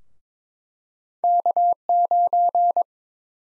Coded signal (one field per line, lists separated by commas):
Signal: Morse code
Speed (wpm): 22 wpm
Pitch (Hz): 700 Hz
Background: none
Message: K9